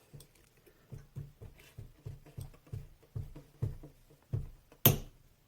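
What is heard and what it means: A torque wrench with a lockring tool tightens a cassette lockring on a Tacx Neo 2 bike trainer, with a series of soft, low ratcheting strokes from about 0.2 to 4.3 seconds. At 4.9 seconds the wrench breaks over with a loud, sharp snap as it reaches its 40 newton-meter setting, confirming the lockring is tight.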